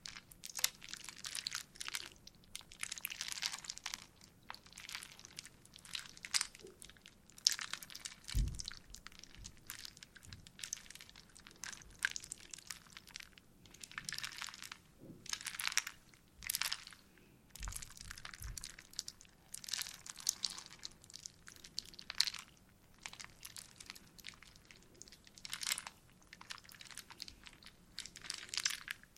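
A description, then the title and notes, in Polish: Wooden pieces churn and rattle together like a stirred pot of "wooden soup," a dense, restless crackle and crunch that never settles for the full half minute. The clatter is bright, with a few duller low knocks around 8, 15 and 18 seconds. Drewniana zupa.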